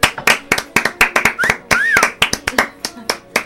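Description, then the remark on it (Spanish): Quick, sharp hand claps in a brisk, slightly uneven rhythm, a small group applauding for the audience, with a brief voice calling out over them midway through. “Un aplauso de nosotros para el público.”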